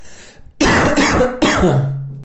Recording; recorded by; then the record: voluntary cough; messaging app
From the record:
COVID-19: negative